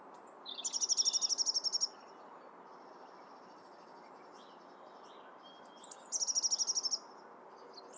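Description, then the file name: European robin producing two high, fast-trilled phrases a few seconds apart, each a dense rattle of thin notes, with softer high whistles between them over a low steady background hiss. "Erithacus rubecula"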